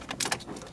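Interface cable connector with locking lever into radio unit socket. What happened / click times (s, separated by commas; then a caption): The connector is being handled and has not latched yet / none. A flex interface cable connector (MC Flex 789) with a locking lever is handled at the radio unit socket during a VLine CarPlay/Android Auto install in a 2013–2019 Lexus RX 350/450h. Quiet rustling and a few brief broadband handling noises are heard, strongest around 0.2–0.3 s. Nothing has seated or clicked yet.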